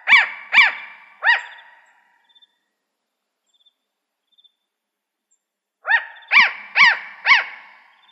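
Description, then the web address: Spotted owl barking series: three loud, arched, nasal barks in quick succession, a pause of several seconds, then four more barks at a steady pace. Recorded in Arizona. "Owls AZFO SPOW. deviche"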